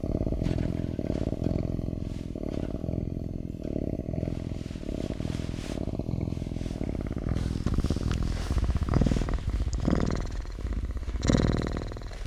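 Cougar cub purring, a steady low rumbling purr that runs continuously with slight pulsing.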